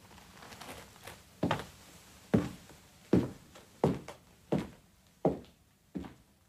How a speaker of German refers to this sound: Ich lauschte seinen Schritten, als er den Korridor hinunterging. Nach einer Weile wurden sie schwächer, dann verstummten sie ganz.